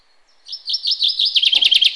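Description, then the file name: Common chaffinch singing a run of clear repeated notes that grows louder into a rapid rattling trill, with a brief low rustle partway through. "Fringilla coelebs"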